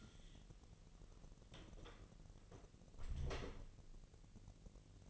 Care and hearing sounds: daily activity, microphone in the room; close door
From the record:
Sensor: 4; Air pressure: 1002.2 hPa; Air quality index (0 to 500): 249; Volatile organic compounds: 42 ppm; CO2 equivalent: 3176 ppm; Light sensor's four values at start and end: 8/18/7/6 and 9/20/8/7

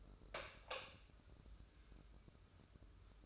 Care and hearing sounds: daily activity, microphone in the room; light on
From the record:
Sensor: 2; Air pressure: 995.2 hPa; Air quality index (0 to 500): 74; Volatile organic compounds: 2 ppm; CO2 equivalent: 1290 ppm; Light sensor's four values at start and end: 8/19/8/8 and 13/36/14/14

